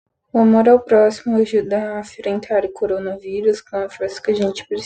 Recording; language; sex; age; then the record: spoken sentence; Brazilian Portuguese; female; 20 to 29 years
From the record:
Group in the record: control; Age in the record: 27 years